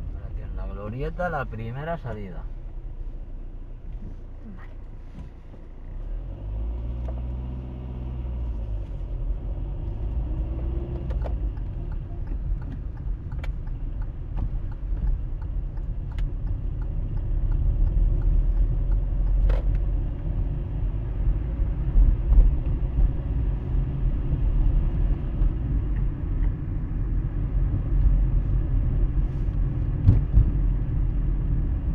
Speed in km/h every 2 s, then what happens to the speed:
3, 1, 0, 2, 11, 16, 15, 15, 16, 20, 26, 29, 32, 31, 33, 29.
2-6 standing. 6-10 pulls away to 16. 10-16 steady at about 15. 16-24 speeds up to 32. 24-32 steady at about 31.